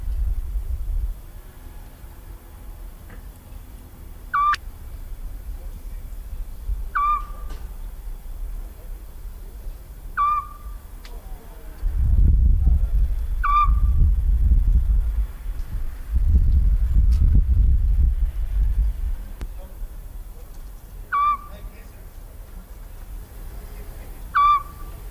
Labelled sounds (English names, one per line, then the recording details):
Eurasian Scops Owl
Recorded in the wild
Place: Chersonissos, Insel Kreta, GR
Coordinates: 35.3083, 25.3833
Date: 1996-09-24 22:37
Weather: sunny, 25-28°C
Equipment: Sony MD-WM MZ-R3, Sennheiser MKH 416 T, Kopie Uher 4000 Report Monitor
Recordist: Tembrock, Günter
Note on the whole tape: Rufreihen, bei Piskopiano